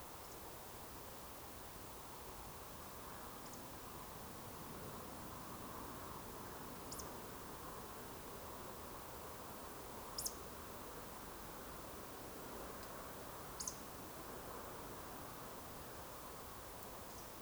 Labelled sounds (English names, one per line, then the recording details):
Eurasian Woodcock whistle
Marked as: whistle, whistle, whistle, whistle, whistle, whistle
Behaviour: display flight
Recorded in Baden-Württemberg, Germany, on 12 June 2020 at 20:23 UTC
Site 43791, 788 m above sea level